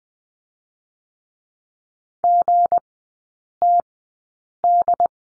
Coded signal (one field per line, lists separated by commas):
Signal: Morse code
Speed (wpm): 20 wpm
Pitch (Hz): 700 Hz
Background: none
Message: GTD